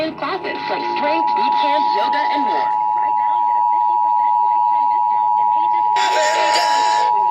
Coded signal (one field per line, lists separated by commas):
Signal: Emergency Alert System (SAME) tones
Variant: 853 and 960 Hz attention tone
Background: speech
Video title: EAS/NWR Alert or message #843-851/853: First Ohio Required Weekly Test for 2022